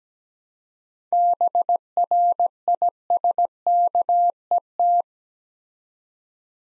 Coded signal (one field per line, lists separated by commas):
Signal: Morse code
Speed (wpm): 17 wpm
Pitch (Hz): 700 Hz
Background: none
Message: BRISKET